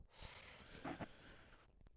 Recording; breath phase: one breath near a microphone; inhalation